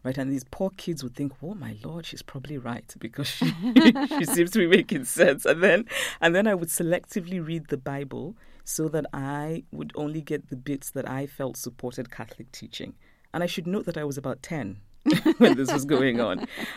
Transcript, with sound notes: and these poor kids would think, oh my Lord, she's probably right because she seems to be making sense.
(LAUGHTER)
And then I would selectively read the Bible, so that I would only get the bits that I felt supported Catholic teaching. And I should note that I was about 10 when this was going on.